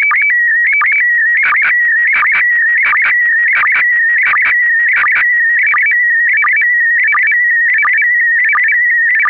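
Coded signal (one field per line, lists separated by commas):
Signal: SSTV (slow-scan television)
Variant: PD90 mode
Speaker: Verder is er morsen en een SSTV-plaatje in PD90. Het laatste is een foto die ik kort voor de uitzending speciaal hiervoor gemaakt heb.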